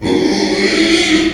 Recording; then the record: squeal of a Yucatan mini pig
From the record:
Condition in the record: after surgery on the right vocal fold (resection and tissue-engineered implant); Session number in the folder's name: 2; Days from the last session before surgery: 13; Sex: male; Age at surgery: 12 weeks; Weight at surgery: 13 kg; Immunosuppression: cyclosporine, prednisolone